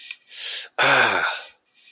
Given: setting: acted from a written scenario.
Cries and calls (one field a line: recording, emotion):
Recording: vocal sound without words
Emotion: pain